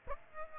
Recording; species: mosquito wingbeat signal from an infrared sensor; Aedes aegypti